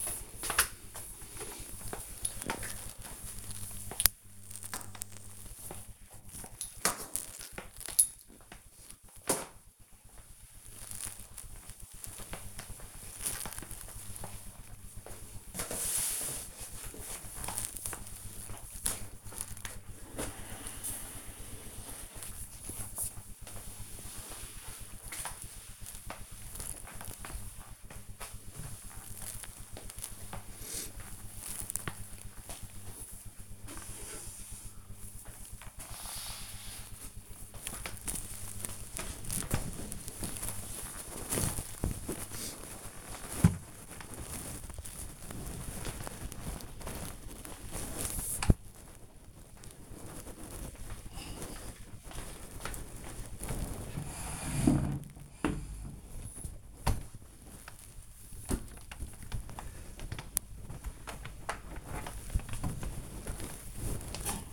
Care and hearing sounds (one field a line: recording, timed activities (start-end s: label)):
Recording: household activities, microphone on the right wrist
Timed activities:
0.00-64.53 s: floor cleaning